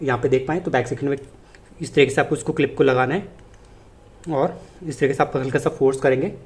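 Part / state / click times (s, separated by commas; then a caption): guide comb onto beard trimmer head / not seated / none. A plastic guide comb clip is placed on the back of the head of a Syska Beard Pro Trimmer HT200U, lined up before being pushed home. Someone talks throughout, with a faint tick at about 3.5 s during a pause. Nothing has seated or clicked yet.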